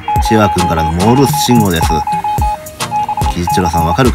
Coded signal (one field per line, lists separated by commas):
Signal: Morse code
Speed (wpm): 27 wpm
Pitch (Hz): 840 Hz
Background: speech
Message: 031 BC